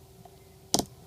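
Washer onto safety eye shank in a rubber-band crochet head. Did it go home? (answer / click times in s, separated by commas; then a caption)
yes / 0.7 s. A safety eye washer is pushed further onto the safety eye shank in a rubber-band crochet head made with loom bands. A faint tick comes at 0.3 s, then a sharp click at 0.7 s with a short echoing tick just after. The washer seats on a second notch, having now clicked twice.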